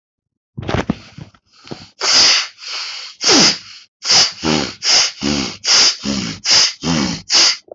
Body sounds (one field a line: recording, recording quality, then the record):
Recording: shallow breathing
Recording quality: excellent, no background noise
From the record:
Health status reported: healthy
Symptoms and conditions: cough, cold, loss of smell and taste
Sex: male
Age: 28 years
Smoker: not ticked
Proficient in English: yes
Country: India